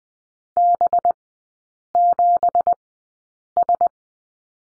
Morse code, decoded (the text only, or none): B7S